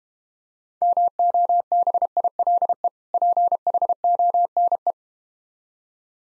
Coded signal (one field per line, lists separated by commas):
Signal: Morse code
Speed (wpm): 34 wpm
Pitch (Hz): 700 Hz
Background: none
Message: MOBILE PHONE